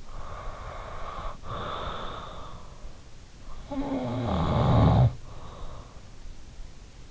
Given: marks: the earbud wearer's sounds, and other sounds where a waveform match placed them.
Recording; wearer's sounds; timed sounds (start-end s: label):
sounds in sleep by an in-ear microphone; breath, snoring breath
0.00-2.74 s: breath
3.54-6.11 s: snoring breath